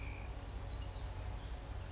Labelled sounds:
Lazuli Bunting (Passerina amoena)
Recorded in Sonoma County, California

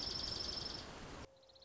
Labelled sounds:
Dark-eyed Junco (Junco hyemalis)
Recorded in Sonoma County, California

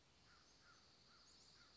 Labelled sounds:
American Crow (Corvus brachyrhynchos)
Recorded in Sonoma County, California

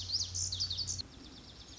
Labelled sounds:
Lazuli Bunting (Passerina amoena)
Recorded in Sonoma County, California

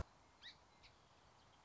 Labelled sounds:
Song Sparrow (Melospiza melodia)
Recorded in Sonoma County, California

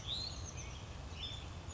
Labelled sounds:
Oak Titmouse (Baeolophus inornatus)
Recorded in Sonoma County, California

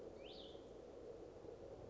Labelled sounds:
Cassin's Vireo (Vireo cassinii)
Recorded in Sonoma County, California

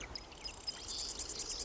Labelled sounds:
Marsh Wren (Cistothorus palustris)
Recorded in Sonoma County, California

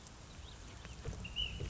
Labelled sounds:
Ash-throated Flycatcher (Myiarchus cinerascens)
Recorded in Sonoma County, California

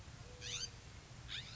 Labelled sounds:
California Scrub-Jay (Aphelocoma californica)
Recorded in Sonoma County, California

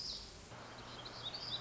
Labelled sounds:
Black-throated Gray Warbler (Setophaga nigrescens)
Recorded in Sonoma County, California

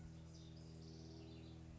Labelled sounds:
House Wren (Troglodytes aedon)
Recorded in Sonoma County, California

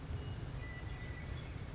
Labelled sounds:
Western Meadowlark (Sturnella neglecta)
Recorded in Sonoma County, California

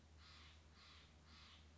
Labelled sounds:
Steller's Jay (Cyanocitta stelleri)
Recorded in Sonoma County, California

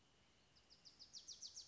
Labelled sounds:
Wilson's Warbler (Cardellina pusilla)
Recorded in Sonoma County, California

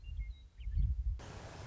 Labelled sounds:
Western Meadowlark (Sturnella neglecta)
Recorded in Sonoma County, California

